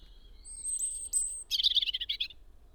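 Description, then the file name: European robin song: a long, thin, high whistle that gives way to a rapid, rattling trill of bright notes. "Erithacus rubecula"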